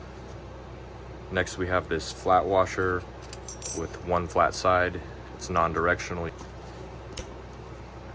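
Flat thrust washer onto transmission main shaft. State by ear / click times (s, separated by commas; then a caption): seated / 7.1 s, 7.2 s. A steel flat thrust washer with one flat side, which is non-directional, is pushed onto the output shaft of an M5OD-R1 manual transmission being rebuilt for a 1993 Ford Ranger 2.3L 2WD, while someone talks. Two sharp metallic ticks at 7.1 s and 7.2 s mark the washer snapping into place on the shaft, fully seated.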